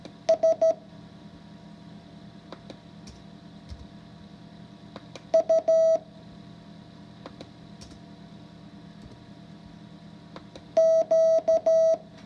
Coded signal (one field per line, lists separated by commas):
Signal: Morse code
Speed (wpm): 13 wpm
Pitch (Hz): 650 Hz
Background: none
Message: S U Q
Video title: If I can learn morse code, so can you. Lesson 5 practice.